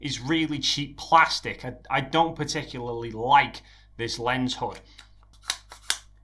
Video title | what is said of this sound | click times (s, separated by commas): Best BUDGET 50mm? - Meike 50mm f1.7 E-mount REVIEW | really i don't like it because it doesn't actually click into place it | none